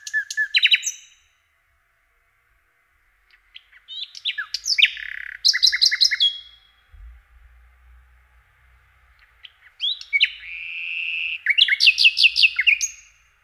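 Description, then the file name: Common nightingale delivering several varied phrases with pauses between: quick repeated chirps and rich slurred whistles. "Slowik rdzawy"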